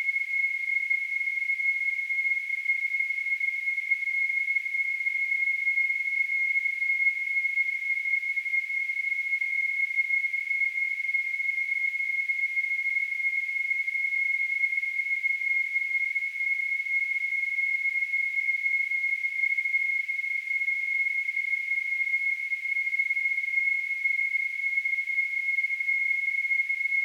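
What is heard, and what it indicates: A steady, unbroken high-pitched tone near 2 kHz with a faint hiss above it, unchanged for about 27 seconds. This is a simulation of tinnitus, the ringing or tone a person perceives without any outside sound.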